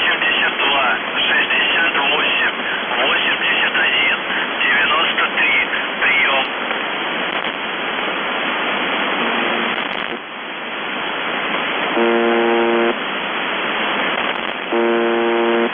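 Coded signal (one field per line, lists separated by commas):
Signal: numbers station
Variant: UVB-76, Russian voice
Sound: faint voice speaking through heavy static, then two harsh buzzes near the end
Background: radio static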